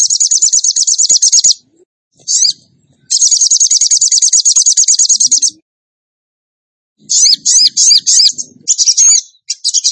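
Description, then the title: Bird song in bursts: long rapid buzzy trills broken by pauses, then sharp scattered chip notes near the end. Masteran training song for songbirds in the tembakan gacor song style. "Masteran Burung Tembakan Gacor"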